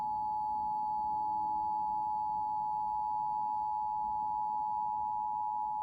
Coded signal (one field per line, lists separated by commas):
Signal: Emergency Alert System (SAME) tones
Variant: 853 and 960 Hz attention tone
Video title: TWO FOR THE PRICE OF ONE - EAS 1059 - 1068